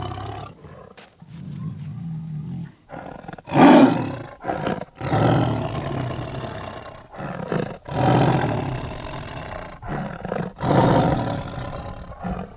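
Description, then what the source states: Tiger growls, deep and gravelly, in several loud rasping bursts separated by short wheezing breaths and quieter stretches. Growls mixed with some wheezes.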